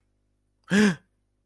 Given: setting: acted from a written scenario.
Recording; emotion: vocal sound without words; fear